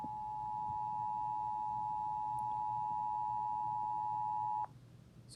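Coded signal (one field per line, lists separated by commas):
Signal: Emergency Alert System (SAME) tones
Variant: 853 and 960 Hz attention tone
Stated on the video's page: EAS tornado warning from Boston, Massachusetts.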